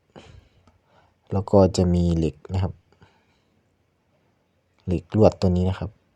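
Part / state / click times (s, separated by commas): wire retaining clip into headlight housing holding the bulb / not seated / none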